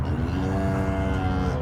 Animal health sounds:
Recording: contact call of a hoofed animal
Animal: cattle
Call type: low-frequency (closed-mouth) or high-frequency (open-mouth) call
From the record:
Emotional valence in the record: negative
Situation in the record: full separation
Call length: 1.62 s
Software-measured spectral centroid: 1360 Hz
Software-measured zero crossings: 780 a second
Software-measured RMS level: -24 dBFS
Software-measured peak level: -13 dBFS

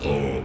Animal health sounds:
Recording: contact call of a hoofed animal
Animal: pig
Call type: closed-mouth grunt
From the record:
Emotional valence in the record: negative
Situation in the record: short social isolation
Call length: 0.45 s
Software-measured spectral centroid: 1630 Hz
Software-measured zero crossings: 1190 a second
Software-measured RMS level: -24 dBFS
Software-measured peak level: -13 dBFS

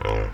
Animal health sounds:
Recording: contact call of a hoofed animal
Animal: wild boar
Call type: grunt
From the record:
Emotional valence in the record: positive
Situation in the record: food anticipation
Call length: 0.34 s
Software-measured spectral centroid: 1520 Hz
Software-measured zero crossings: 840 a second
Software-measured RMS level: -24 dBFS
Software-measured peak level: -10 dBFS

